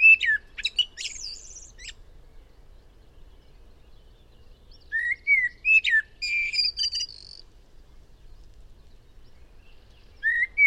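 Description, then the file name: Eurasian blackbird song, with two phrases of mellow warbled whistles each ending in high, scratchy twittering, separated by several seconds of quiet, then a third phrase beginning. "Turdus merula"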